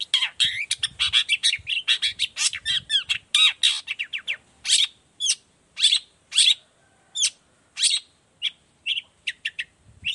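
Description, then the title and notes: Long-tailed shrike song starting as a dense rapid chatter of mixed notes, then slowing into spaced harsh chips and short buzzy calls. Sung in the morning; 'toet toet' sound variation; used as a lure so other shrikes of any type reply quickly and open their beaks. "Cendet Gacor Dor Di Kala Pagi Toet Toet Variasi Suara. Cendet Gacor Efektif Pancingan Buat Cendet Jenis Apapun Agar Cepat Nyaut Buka Paruh. Burung cendet"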